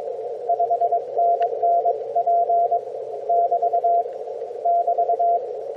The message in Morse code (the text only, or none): 5NN P <BT> <BT>